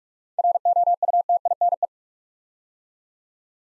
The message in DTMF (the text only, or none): none